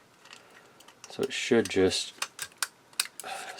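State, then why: Seated. Someone talks as the TR 316 plastic part, which has a snap clip, is pushed into its spot on an Agora Optimus Prime Pack 3 model kit. Two sharp clicks are heard at 2.6 s and 3.0 s. The part is seated in place.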